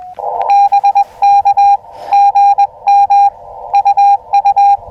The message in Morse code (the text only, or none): BK GM UU